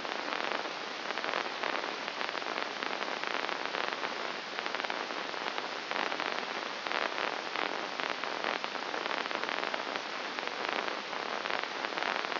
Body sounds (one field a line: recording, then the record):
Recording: brain microelectrode recording played as sound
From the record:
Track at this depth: inside the subthalamic nucleus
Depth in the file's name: 4.102 mm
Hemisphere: left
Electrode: 2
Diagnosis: Parkinson's disease